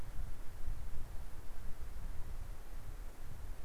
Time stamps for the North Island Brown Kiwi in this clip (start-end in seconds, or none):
none